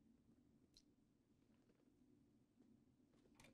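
A plastic multi-fiber Fast-Track MTP optical connector is guided by hand toward its pre-installed connector housing in an adapter in the patching tray of an EDGE Rapid Connect enclosure. Over a steady low hum, faint handling ticks and scrapes come through, with brighter taps near 0.8 s and 3.4 s. The connector has not seated or clicked into the housing yet.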